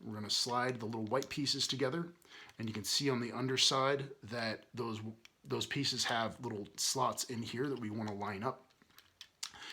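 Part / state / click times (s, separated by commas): plastic connector pieces of a transforming toy figure joined to each other / seated / 9.4 s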